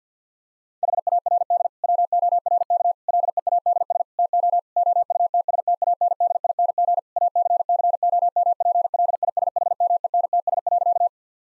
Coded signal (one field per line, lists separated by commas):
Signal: Morse code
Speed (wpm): 50 wpm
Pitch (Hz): 700 Hz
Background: none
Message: HARD WORK LEADS TO OUTSTANDING ACCOMPLISHMENTS.